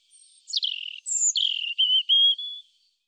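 European robin song: clear whistled notes sliding downward, a very high thin note, then several pure, slightly wavering whistles.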